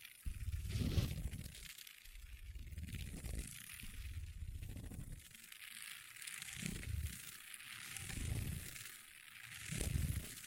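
Long nails scratch and tap on a table in steady, dense bursts, with deep thuds returning about every second and a crisp, hissy edge above.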